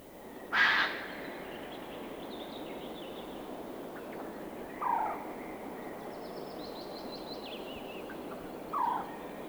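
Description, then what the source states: Eurasian jay harsh rasping screeches, three calls spaced about four seconds apart over steady background hiss, with faint thin bird notes between. Field recording from the Swedish cassette 'Fåglar I Vår Närhet'.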